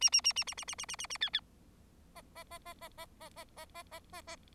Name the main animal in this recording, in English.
Bengalese Finch